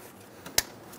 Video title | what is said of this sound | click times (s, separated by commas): How to Replace Radiator Cooling Fan 2011-2014 Hyundai Sonata | Install the connector for the fan assembly. Push until you hear a click. | 0.6 s